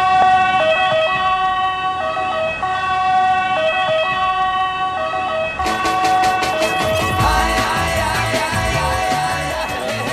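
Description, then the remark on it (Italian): A loud ambulance siren sound effect blares on its own, holding steady high tones at first, then switching partway through to a rapid, pulsing warble that continues to the end. “Eccoci qua, questa è la Zanzara, 19.36, noi mandiamo l'ambulanza, sì, succede che mandiamo l'ambulanza”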